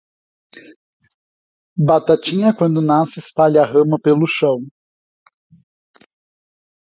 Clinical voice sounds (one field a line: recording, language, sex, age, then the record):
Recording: short text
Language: Brazilian Portuguese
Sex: male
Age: 40 to 49 years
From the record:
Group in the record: control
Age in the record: 45 years